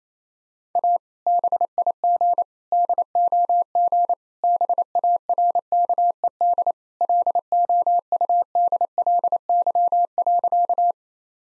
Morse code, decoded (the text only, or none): A BIG DOG BARKED LOUDLY.